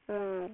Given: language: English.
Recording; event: throat vibration sensor signal played as sound; speech